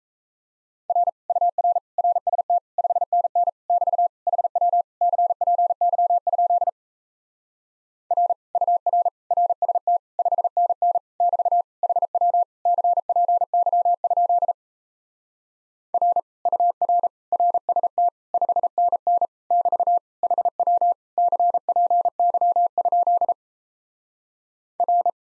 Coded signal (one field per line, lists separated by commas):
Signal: Morse code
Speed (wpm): 38 wpm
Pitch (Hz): 700 Hz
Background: none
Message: R UR RST 5NN <BT> HW CPY? R UR RST 5NN <BT> HW CPY? R UR RST 5NN <BT> HW CPY? R